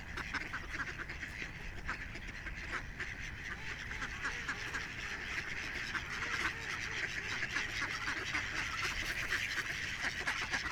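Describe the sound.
Ducks calling nonstop in a flock, rapid overlapping quacks, a busy restless chatter throughout.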